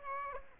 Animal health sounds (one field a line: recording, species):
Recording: mosquito wingbeat signal from an infrared sensor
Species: Aedes aegypti